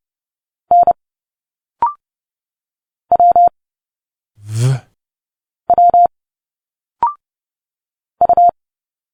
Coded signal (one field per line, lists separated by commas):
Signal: Morse code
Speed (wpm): 30 wpm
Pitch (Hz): 700 Hz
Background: none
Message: N W W U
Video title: Morse code 30 wpm - Letters A to Z - Direct sound conversion